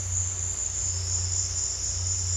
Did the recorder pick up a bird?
no